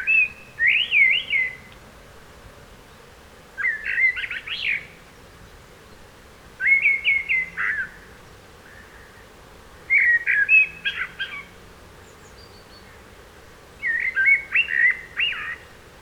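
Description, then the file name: Eurasian blackbird song: five rich warbled phrases, each mixing low fluty notes with squeaky twitters, separated by pauses over faint steady background hiss. "Turdus merula"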